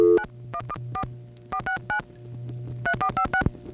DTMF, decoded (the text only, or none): 914 469 3456